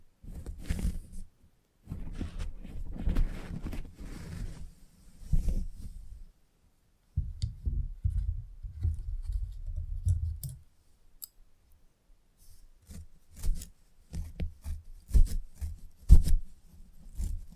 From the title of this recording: Salon Haircut Head Massage, Scissors and Clipper